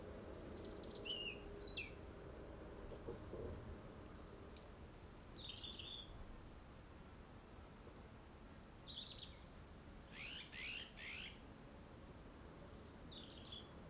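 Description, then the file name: European robin delivering scattered high, tinkling phrases and short trills with varied pitch and irregular gaps, over continuous soft background hiss. "Erithacus rubecula"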